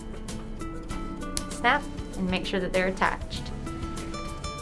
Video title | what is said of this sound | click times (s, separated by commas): How to Use GumChucks: a guide for dental professionals | take a tip and you'll click it on each handle you'll hear it snap | 1.4 s